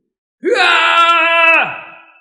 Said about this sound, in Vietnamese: Không trung truyền đến một tiếng thét dài.